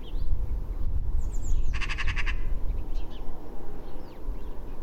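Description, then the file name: Eurasian magpie chattering once, a short burst of fast dry clacks, against constant low rumbling noise. "Pica pica"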